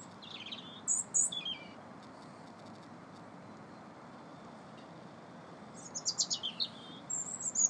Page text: #Birds sing and sun burns one more time this day #Marston #Oxford